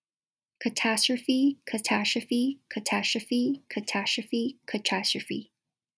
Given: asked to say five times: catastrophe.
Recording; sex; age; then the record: repeated word; female; 20 to 29 years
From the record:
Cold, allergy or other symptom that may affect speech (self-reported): no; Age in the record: 21 years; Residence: New York, United States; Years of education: 12